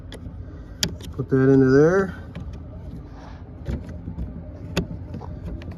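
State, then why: Seated. An electrical wiring connector is pushed into the door lock actuator and latch assembly during a door lock actuator replacement on a 2010–2015 Toyota Prius, while someone talks. Several sharp taps and clicks sound through the clip, with the connector clicking in and seating at 4.8 s.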